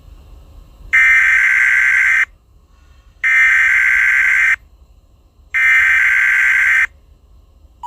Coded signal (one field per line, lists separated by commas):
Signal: Emergency Alert System (SAME) tones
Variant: header bursts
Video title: EAS SCENARIO 2: Godzilla and Ghidorah vs. The Bizarre Lore of Team Umizoomi